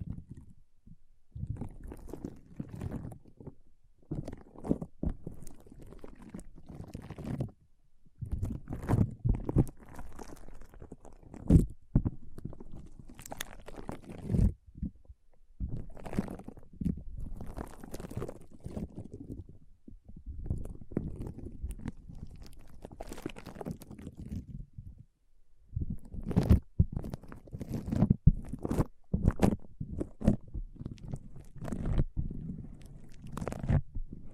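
Foam is squeezed and rubbed in dense, crunchy bursts of a few seconds each, broken by brief silent pauses around 8, 15 and 25 seconds.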